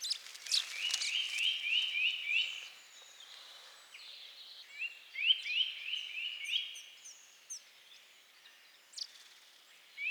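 Bird calling in quick bursts of short, rising chirps, several per second, with pauses between bursts and scattered higher notes.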